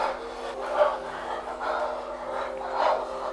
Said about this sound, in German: Das Keuchen der Geliebten.